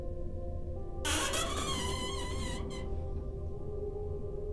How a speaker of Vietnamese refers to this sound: Đưa tay đẩy nhẹ một cái, cánh cửa rít lên kèn kẹt, nghe âm thanh đến rợn người.